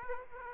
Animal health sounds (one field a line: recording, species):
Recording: mosquito wingbeat signal from an infrared sensor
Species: Aedes aegypti